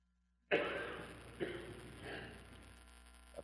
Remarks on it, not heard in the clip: All of a sudden, with that cough, I was able to kind of hear the dimensions of the courtroom. As simple as a 2-second cough.